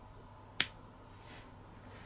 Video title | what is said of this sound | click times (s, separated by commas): 【トランスフォーマーONE 】D-16が進化したメガトロンついに登場！ヲタファのスタジオシリーズ レビュー / TRANSFORMERS ONE Studio Series MEGATRON | そしてこれを倒すとロック | 0.6 s